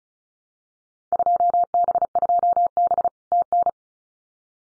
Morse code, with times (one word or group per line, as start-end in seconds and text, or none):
1.1-3.1 2B2B
3.3-3.7 TN